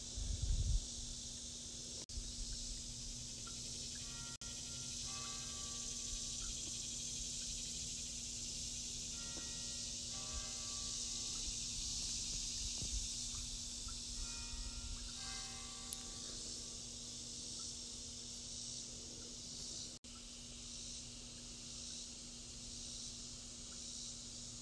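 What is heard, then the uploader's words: Cicadas drone in a steady, dense high buzz that barely changes across the whole stretch. A low constant hum runs underneath, and short bursts of stacked, pulsing calls rise through the middle around five, ten and fifteen seconds, with a soft thump at the start. Cicadas.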